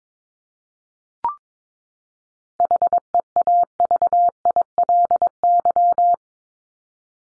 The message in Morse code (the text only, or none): HEAVILY